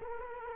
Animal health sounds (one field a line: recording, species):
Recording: mosquito wingbeat signal from an infrared sensor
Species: Culex quinquefasciatus